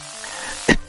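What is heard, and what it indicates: A single short, sharp cough bursts out near the end of a quiet stretch, lasting about a tenth of a second, over faint room hum. It is an isolated, incidental cough from an adult radio host speaking on air, not a sign of illness.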